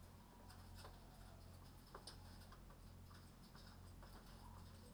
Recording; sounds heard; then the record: poultry house recording; healthy chickens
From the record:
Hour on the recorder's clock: 19